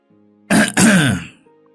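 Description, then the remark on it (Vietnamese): A woman clears her throat in two quick, harsh bursts, the second longer and rougher, standing out loudly against a faint low hum. “Thì vừa nói xong thì bà Tú hắng giọng, khiến ông bà giáo chỉ biết đứng im mà không dám ngồi”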